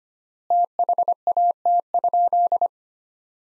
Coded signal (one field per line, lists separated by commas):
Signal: Morse code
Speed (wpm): 25 wpm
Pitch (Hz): 700 Hz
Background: none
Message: THAT?